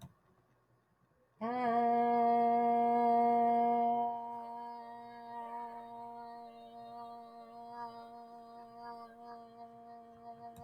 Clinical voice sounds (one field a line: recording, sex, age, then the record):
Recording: vowel held as long as possible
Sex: female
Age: 50 to 59 years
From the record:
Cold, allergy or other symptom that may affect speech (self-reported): no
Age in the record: 57 years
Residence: Arizona, United States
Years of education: 14